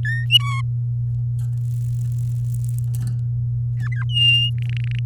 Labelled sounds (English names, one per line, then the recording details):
Domestic Canary song
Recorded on 7 May 2018 at 05:36
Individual llb16